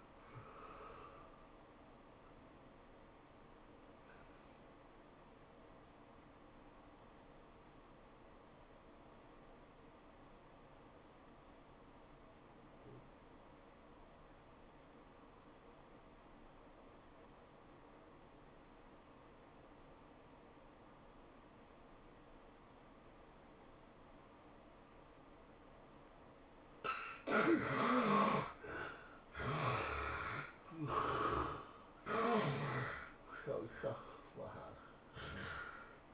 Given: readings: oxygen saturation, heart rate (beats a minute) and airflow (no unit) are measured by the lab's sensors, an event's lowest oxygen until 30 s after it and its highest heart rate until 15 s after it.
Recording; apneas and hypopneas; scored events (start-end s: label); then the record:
breathing in sleep by a voice recorder at the bedside; 1
8.00-27.00 s: obstructive apnea (N1, oxygen 95% highest, then 71% lowest, heart rate 90 at the start, 107 highest)
From the record:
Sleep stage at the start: N1 (lightest sleep); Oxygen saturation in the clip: 75 to 95%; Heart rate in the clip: 79 to 106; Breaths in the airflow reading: 5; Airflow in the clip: -13.4 to 11.6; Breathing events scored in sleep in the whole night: 403 in 5.5 hours asleep